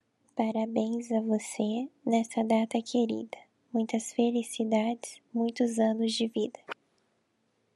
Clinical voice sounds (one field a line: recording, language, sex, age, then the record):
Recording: short text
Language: Brazilian Portuguese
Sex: female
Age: 20 to 29 years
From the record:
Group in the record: control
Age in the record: 23 years